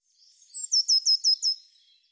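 Bird song: one high phrase, a thin lead-in followed by five evenly spaced, sharply falling notes.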